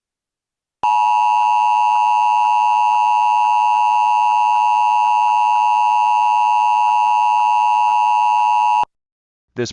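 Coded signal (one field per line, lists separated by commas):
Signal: Emergency Alert System (SAME) tones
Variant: 853 and 960 Hz attention tone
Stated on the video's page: Fictional EAS scenario.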